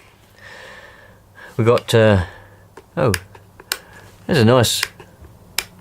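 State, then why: Seated. Someone talks while reassembling a used Hoover Dustette Model 2614B hand-held vacuum cleaner, with a few brief handling taps around 3.6–3.7 s. A plastic attachment or housing part is pushed onto the vacuum body and seats with one sharp click at 5.6 s.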